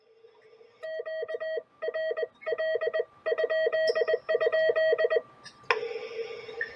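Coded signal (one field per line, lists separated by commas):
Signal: Morse code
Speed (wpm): 20 wpm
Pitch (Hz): 640 Hz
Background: none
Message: QRL??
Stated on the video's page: QRP CW from a homebrew HF station on an EGV-9B nine-band transceiver, sent with homemade touch twin paddles.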